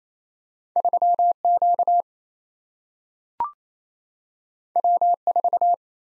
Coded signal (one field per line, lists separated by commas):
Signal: Morse code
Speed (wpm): 27 wpm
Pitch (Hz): 700 Hz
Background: none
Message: 3Q W4